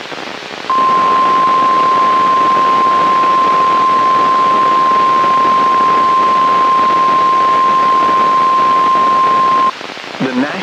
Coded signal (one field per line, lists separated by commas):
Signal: Emergency Alert System (SAME) tones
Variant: 1050 Hz attention tone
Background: speech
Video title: Severe Thunderstorm warning from Buchanan Georgia, NOAA weather radio on March 26, 2023 ￼￼